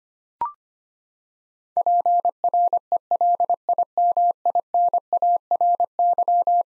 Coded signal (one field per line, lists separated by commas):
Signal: Morse code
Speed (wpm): 25 wpm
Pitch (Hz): 700 Hz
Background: none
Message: PRELIMINARY